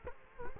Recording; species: mosquito wingbeat signal from an infrared sensor; Culex quinquefasciatus